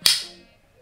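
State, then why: Seated. The adjustable lever locking mechanism on a metal aftermarket K-swap part, which has an indent that lets it be tightened and loosened, is worked by hand and snaps shut. One sharp, loud click lands at 0.1 s, followed by a bright ringing tail that fades over about half a second. The mechanism closes and latches in place.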